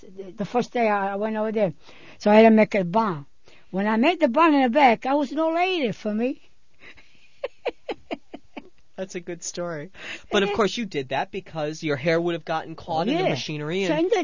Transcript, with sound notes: The first day I went over there. So I had to make a bun. When I make the bun in the back, I was an old lady for me. ( she laughs )
That's a good story. But, of course, you did that because your hair would have gotten caught in the machinery, and...